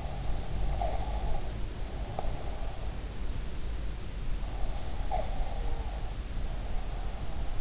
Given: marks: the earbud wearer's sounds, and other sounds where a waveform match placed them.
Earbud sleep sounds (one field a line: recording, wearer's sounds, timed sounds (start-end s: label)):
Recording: sounds in sleep by an in-ear microphone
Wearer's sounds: breath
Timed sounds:
0.00-2.88 s: breath
4.58-7.55 s: breath